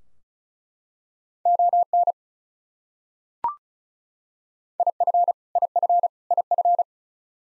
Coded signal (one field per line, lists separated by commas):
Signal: Morse code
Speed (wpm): 36 wpm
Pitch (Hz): 700 Hz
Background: none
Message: ON IF IF IF